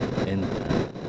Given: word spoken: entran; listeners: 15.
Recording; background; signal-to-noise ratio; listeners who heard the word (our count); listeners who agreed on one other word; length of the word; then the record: one Spanish word in noise, from a listening test; noise modulated by three-talker babble; -4.3 dB; 2 of 15; 10 of 15; 0.69 s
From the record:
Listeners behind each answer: 10, 2, 1, 1, 1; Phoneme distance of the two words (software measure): 7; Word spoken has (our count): 2 syllables, 6 phonemes, stress on syllable 1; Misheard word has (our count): 2 syllables, 5 phonemes, stress on syllable 1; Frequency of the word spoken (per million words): 20.70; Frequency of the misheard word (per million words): 56.12